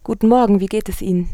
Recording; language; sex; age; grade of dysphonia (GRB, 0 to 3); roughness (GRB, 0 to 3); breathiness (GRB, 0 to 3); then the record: spoken sentence; German; female; 20 to 29 years; 1; 1; 0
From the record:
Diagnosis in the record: healthy voice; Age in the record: 22 years